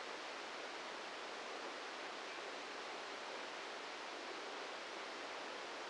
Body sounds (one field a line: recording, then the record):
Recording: brain microelectrode recording played as sound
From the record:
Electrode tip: outside the subthalamic nucleus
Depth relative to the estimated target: 0 mm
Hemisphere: left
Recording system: NeuroSet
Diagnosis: Parkinson's disease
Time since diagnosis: 8 years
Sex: male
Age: 58 years